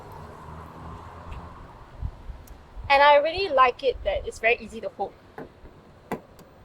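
Someone talks while a supercharger cable's small plastic-and-metal connector is pushed easily into the charge port of a Tesla Model X, without the hard push a larger socket needs. A sharp click at 6.1 s marks the connector seating in the port.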